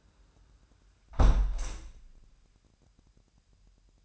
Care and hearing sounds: daily activity, microphone in the room; close window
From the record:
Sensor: 2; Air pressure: 998.4 hPa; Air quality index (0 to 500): 138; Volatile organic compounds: 4 ppm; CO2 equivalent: 1562 ppm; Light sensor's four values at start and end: 7/17/7/8 and 7/17/7/8

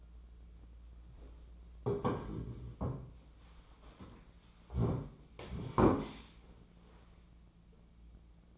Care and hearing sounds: daily activity, microphone in the room; sit down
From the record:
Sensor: 1

